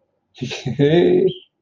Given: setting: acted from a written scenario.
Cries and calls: vocal sound without words; amusement

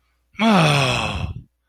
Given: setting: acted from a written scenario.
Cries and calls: vocal sound without words; relief

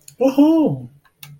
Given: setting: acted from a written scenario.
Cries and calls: vocal sound without words; elation

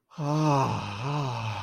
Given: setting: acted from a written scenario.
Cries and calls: vocal sound without words; ecstasy

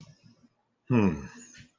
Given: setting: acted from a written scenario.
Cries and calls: vocal sound without words; disappointment

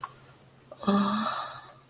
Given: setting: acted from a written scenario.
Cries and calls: vocal sound without words; desire

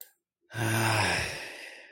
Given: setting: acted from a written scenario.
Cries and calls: vocal sound without words; pride

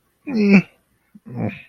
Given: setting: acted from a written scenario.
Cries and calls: vocal sound without words; neutral

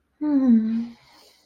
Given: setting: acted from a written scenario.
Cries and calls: vocal sound without words; serenity

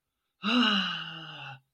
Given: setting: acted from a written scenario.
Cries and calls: vocal sound without words; disappointment

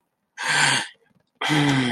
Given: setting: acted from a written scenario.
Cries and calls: vocal sound without words; realization

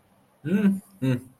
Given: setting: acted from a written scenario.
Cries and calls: vocal sound without words; disappointment

